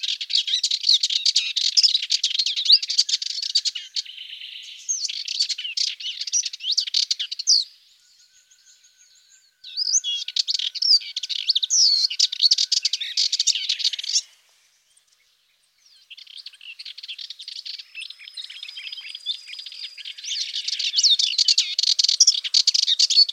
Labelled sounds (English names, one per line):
Subalpine Warbler song